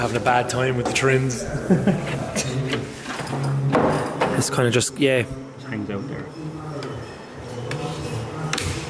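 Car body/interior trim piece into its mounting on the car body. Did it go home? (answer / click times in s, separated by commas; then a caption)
yes / 8.5 s, 8.6 s. During reassembly of an AE86 at the body shop, a loose body/interior trim piece that had been hanging out is pushed into its mounting on the car body while someone talks over background music. It snaps home with a crisp double click at 8.5 and 8.6 seconds, seating firmly in place.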